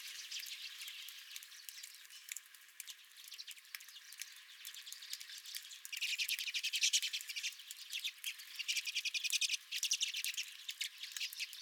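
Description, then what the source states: Redpolls calling, soft-sounding twitter at first, then a sudden loud burst of rapid chattering from about six seconds on. Several redpolls at the recordist's feeder.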